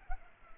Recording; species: mosquito wingbeat signal from an infrared sensor; Culex pipiens